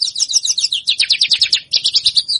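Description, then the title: Javan bush lark song: continuous rapid high notes in a rhythmic, rolling series with slight breaks in the pattern. Song described as super special, rich in isian. "Branjangan Super Isian Istimewa"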